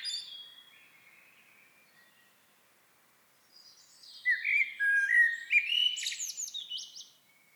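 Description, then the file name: Common blackbird song: faint high notes at first, a short quiet spell, then a loud twittering phrase of whistles and squeaky flourishes. "Turdus merula"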